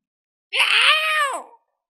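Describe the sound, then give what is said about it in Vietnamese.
A young animal, lying down and gently swaying its small head, gives a single squealing, strained cry, its attempt at a tiger's roar, lasting about a second. The shrill, tonal call wavers slightly before trailing off, with no voices around it. “Liền nằm tại chỗ, khẽ đung đưa cái đầu nhỏ, bắt chước tiếng hổ trống.”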